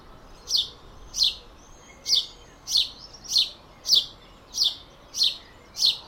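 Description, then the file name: House sparrow chirping, a clear chirp repeated about every two-thirds of a second, nine notes in a row over faint background hiss. "Passer domesticus"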